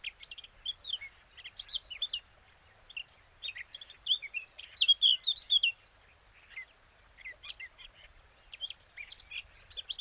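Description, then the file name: Eurasian blackcap song, rapid chattering warble of varied high notes in two long bursts separated by a short pause, with some clearer whistled phrases in the first burst. "Sylvia atricapilla"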